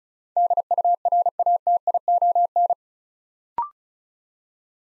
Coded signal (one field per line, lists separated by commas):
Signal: Morse code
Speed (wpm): 36 wpm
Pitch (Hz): 700 Hz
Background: none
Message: DURATION